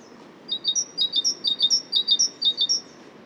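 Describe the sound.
Great tit song, a bright repeated phrase delivered several times in quick even succession against soft background noise.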